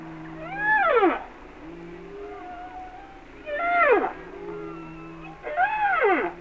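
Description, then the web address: Humpback whale song: arched cries that rise then fall, every few seconds, with low steady hums between them. "Natures Songs Whale Songs Sounds of Nature - Humpback Whales"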